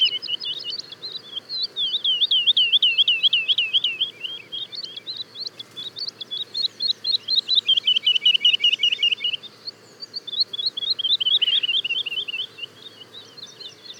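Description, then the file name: Woodlark song: long, overlapping trills of looping, lilting notes from more than one bird, rising and falling, with short pauses between runs. Daytime song and duet of woodlarks, Le Puech, France. "alouette lulu chant de jour et duett Le Puech F"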